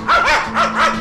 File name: terrier